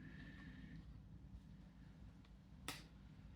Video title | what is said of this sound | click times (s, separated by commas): ShadowCaster v2 Assembly Video | and you just clip the feet into the hexagon. They snap right in. | 2.7 s